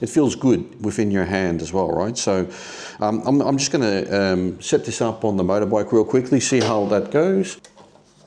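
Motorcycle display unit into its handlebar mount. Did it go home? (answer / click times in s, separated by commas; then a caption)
no / none. Someone talks while handling a plastic CPMC motorcycle CarPlay display unit, about to fit it into its handlebar mount on the motorbike. There is a brief rustling noise around 2.5 to 3.0 seconds, and it goes quiet near the end. Nothing has seated or clicked yet.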